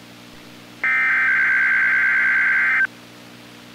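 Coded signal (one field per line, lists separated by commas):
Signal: Emergency Alert System (SAME) tones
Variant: header bursts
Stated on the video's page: Required Weekly Test from the NWS, received on two NOAA Weather Radio stations.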